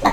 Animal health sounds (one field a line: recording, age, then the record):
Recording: pig call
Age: piglet (1 to 25 days)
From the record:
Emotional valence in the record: positive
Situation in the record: reunion after long isolation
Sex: male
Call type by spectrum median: low-frequency call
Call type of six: low-frequency tonal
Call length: 0.13 s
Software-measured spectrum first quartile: 508 Hz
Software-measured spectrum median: 840 Hz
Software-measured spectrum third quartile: 1278 Hz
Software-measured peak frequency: 720 Hz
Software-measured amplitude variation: 162 dB a second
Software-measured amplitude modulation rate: 3.8 a second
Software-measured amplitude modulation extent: 42.3 dB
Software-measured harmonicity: 1.0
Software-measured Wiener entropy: -1.12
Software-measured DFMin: 1186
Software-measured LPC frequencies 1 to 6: 737, 994, 1940, 3766, 4215, 6148 Hz